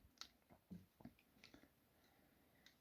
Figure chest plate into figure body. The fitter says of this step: hinge it down into the body making sure it clicks.